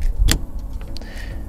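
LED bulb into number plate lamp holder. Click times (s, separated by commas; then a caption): 0.3 s. A replacement LED wedge bulb is pushed into the number plate lamp holder of a 2013–2022 Mitsubishi Outlander. A sharp, bright click at 0.3 s is followed by a few faint ticks and a low background hum. The bulb is seated in the holder.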